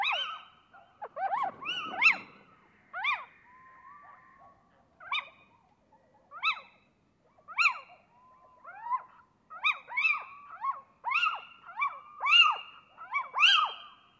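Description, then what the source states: Little owl calls: a long, excited series of sharp yelping and screeching notes, sometimes doubled, repeated roughly once a second, denser toward the end. A pair of little owls giving various loud calls while interacting with neighbouring owls.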